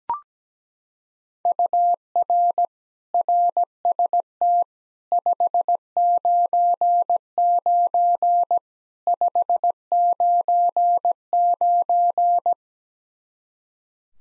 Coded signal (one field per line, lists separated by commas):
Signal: Morse code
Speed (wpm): 17 wpm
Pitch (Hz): 700 Hz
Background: none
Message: UR RST 599 599